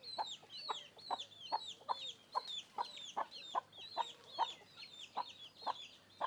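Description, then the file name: Chickens: a hen clucks a little over twice a second beneath a constant chorus of high, sliding chick peeps. Hens and chicks walking around the microphone. "Galinhas e pintinhos andando em volta do microfone"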